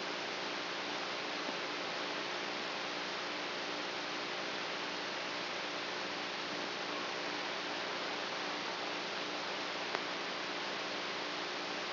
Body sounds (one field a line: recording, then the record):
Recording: brain microelectrode recording played as sound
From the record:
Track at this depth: inside the subthalamic nucleus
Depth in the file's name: 2.405 mm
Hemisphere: right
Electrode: 3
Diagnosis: Parkinson's disease